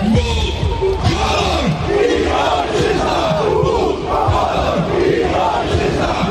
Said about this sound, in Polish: W pochodzie idzie kilka tysięcy osób. Na razie jest spokojnie. Uczestnicy mają flagi i transparenty. Nie brakuje okrzyków.